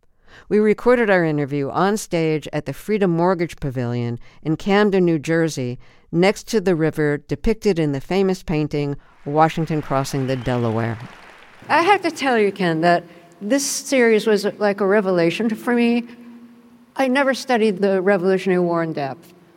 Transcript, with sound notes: We recorded our interview onstage at the Freedom Mortgage Pavilion in Camden, New Jersey, next to the river depicted in the famous painting Washington Crossing the Delaware.
(APPLAUSE)
I have to tell you, Ken, that this series was like a revelation for me. I never studied the Revolutionary War in depth.